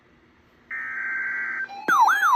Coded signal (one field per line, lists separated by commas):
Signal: Emergency Alert System (SAME) tones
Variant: header bursts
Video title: (EAS #95) Severe Thunderstorm Warning KHC27 5/6/24